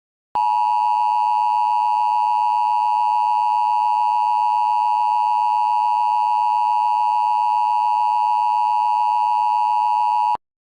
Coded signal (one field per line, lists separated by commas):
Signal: Emergency Alert System (SAME) tones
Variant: 853 and 960 Hz attention tone